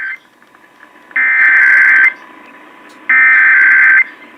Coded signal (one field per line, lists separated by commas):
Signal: Emergency Alert System (SAME) tones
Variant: header bursts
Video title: AM/FM Radio (EAS # 506) Kentucky Required Monthly Test